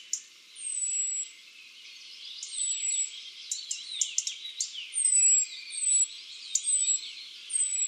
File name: Erithacus rubecula